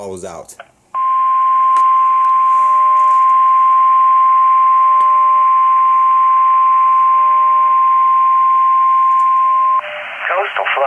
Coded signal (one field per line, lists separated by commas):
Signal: Emergency Alert System (SAME) tones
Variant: 1050 Hz attention tone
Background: speech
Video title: DOUBLE WHAMMY... EAS Alerts from 1/11-13/24 (EAS 11464-11498)